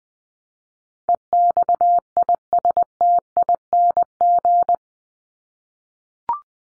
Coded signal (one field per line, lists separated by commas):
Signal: Morse code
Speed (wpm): 20 wpm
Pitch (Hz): 700 Hz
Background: none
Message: EXISTING